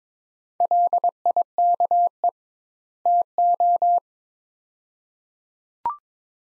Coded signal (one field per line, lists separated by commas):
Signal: Morse code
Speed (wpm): 22 wpm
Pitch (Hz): 700 Hz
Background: none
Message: LIKE TO